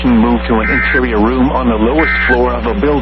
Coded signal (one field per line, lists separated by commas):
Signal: Emergency Alert System (SAME) tones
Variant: end-of-message bursts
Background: speech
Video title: Oklahoma Says Hi Again... | EAS Alerts from March 23rd, 2023 (EAS #2438-2465)